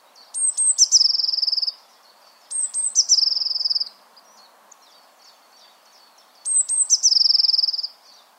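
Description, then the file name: Eurasian blue tit song: three phrases of thin high notes followed by a quick shimmering trill, with a long pause before the last. "Cyanistes caeruleus"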